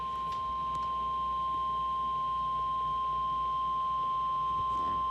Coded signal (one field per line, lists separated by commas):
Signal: Emergency Alert System (SAME) tones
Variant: 1050 Hz attention tone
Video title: PBZ SVR EAS 31